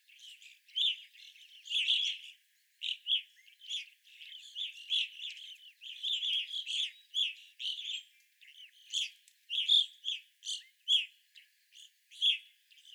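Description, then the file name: Evening grosbeaks calling, burry chirps in ragged clusters. Several evening grosbeaks recorded 25 April 2021. "2021-04-25 Evening Grosbeaks"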